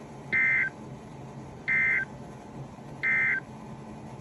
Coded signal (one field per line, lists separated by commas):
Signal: Emergency Alert System (SAME) tones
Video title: EAS 2024-2042 (7/20 - 8/17/22)